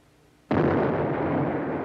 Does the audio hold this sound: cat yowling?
no